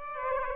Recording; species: mosquito wingbeat signal from an infrared sensor; Aedes aegypti